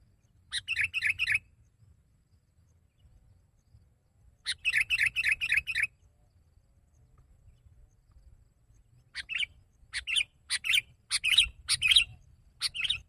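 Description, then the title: Sooty-headed bulbul song in bright chirpy bursts, two fast runs of notes separated by a pause, then a looser string of single sharp notes. "kutilang"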